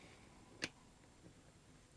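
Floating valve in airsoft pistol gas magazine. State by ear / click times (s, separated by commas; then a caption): released / 0.6 s. A spring-loaded floating valve is lifted out of a Cybergun Colt 1911 airsoft pistol gas magazine, with a thumb held over it so it won't fly off. A single sharp click is heard at 0.6 s as the valve releases from the magazine. A faint, softer tick follows around 1.3 s against quiet background noise.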